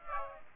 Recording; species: mosquito wingbeat signal from an infrared sensor; Aedes aegypti